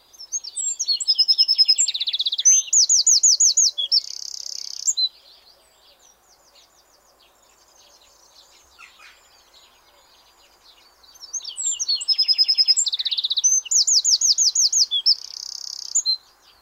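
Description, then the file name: Eurasian wren gives two bursts of loud, high, rapid song, trills and buzzing rattles about five seconds each, separated by a quiet gap. "Troglodytes troglodytes"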